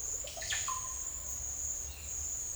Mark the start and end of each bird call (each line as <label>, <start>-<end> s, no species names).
bird call, 0.20-1.01 s